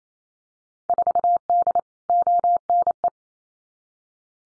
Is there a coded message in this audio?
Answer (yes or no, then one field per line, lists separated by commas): yes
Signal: Morse code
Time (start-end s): 0.9-3.1 s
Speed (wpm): 28 wpm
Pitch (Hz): 700 Hz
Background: none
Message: 4D ONE